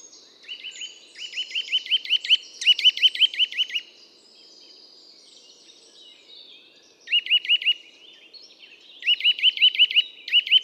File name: Sitta europaea